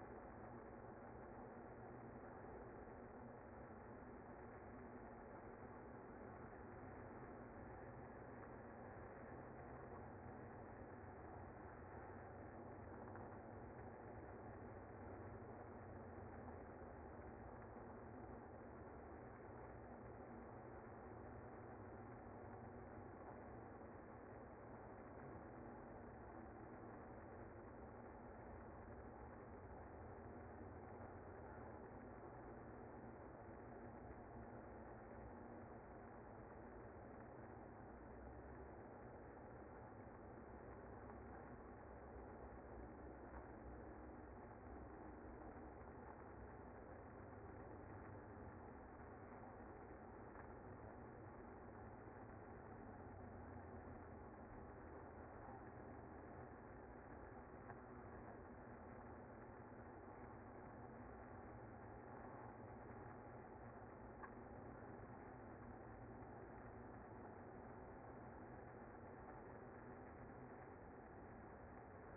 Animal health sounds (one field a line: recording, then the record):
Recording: honeybee colony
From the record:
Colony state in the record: active